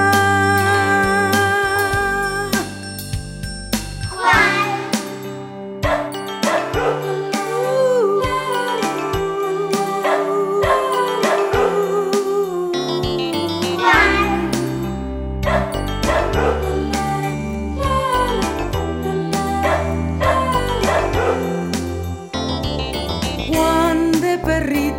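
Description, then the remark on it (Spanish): A dog barks and yips in quick, high-pitched bursts, repeated throughout over a steady, tinkling musical backdrop, with no one speaking. “Y así comenzó esta historia extraña del perro invisible con quien Juan jugaba.”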